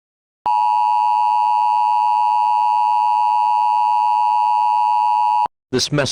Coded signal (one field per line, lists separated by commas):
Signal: Emergency Alert System (SAME) tones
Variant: 853 and 960 Hz attention tone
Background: speech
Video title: EAS Scenario: The Anthro-Human Wars